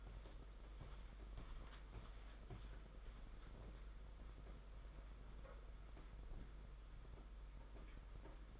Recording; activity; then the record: daily activity, microphone in the room; walk to room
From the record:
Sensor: 5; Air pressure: 991.2 hPa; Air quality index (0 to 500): 93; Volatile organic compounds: 12 ppm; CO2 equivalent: 2369 ppm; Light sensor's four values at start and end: 33/108/41/43 and 35/117/44/47